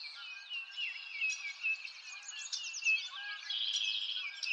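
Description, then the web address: Birds chirping and trilling all at once, a thick layer of high, quick sweeping notes, with a few louder bursts scattered through the chorus. Birds in a forest, nature ambience. "lynne-publishing Nature Ambience Birds In a Forest"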